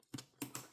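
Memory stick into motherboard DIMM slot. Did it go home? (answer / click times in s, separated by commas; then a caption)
yes / 0.4 s, 0.6 s. A memory stick is re-pressed into a motherboard DIMM slot and snaps home. Two sharp clicks from the latch are heard at 0.4 and 0.6 seconds, following softer taps just after 0.1 seconds. The stick is seated with a satisfying click.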